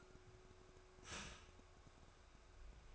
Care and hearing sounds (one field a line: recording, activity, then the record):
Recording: daily activity, microphone in the room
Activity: start toaster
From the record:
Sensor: 2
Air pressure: 1004.0 hPa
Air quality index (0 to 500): 193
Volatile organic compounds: 11 ppm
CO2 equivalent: 2309 ppm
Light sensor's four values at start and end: 4/10/4/4 and 4/10/4/4